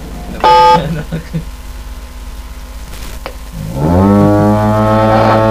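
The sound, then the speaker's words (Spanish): Cattle moo over a phone line after a wrong number is dialed, reaching the countryside: a brief, bright call at the start, then a long, low, drawn-out moo that swells and holds loudly through the final seconds. “Mierda, está llamando al campo”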